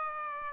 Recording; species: mosquito wingbeat signal from an infrared sensor; Aedes aegypti